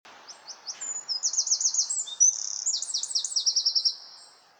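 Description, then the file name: Eurasian wren song: a loud, fast, very high outpouring of ringing trills and sharp notes, repeated rapid note groups, lasting about four seconds. "Troglodytes troglodytes"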